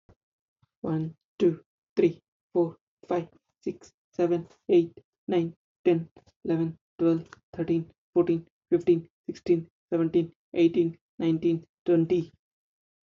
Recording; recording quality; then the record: counting at a normal pace; excellent, no background noise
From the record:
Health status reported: healthy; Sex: male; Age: 28 years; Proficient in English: yes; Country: India